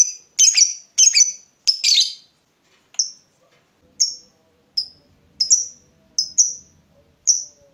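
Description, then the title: Lovebird: a few harsh, chattering chirps at first, then thin, sharp chirps repeated at intervals. The lovebird's singing style is said to make it look very clever at baiting, prompting other birds to sing. "Dari Gayanya Lovebird Ini Terlihat Pintar Sekali Memancing"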